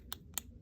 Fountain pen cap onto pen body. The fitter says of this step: give it a little click.